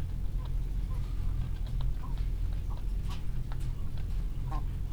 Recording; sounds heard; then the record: poultry house recording; sick chickens (respiratory disease)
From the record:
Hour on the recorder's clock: 15